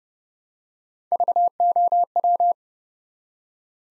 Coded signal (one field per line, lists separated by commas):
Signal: Morse code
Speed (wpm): 30 wpm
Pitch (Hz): 700 Hz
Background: none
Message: VOW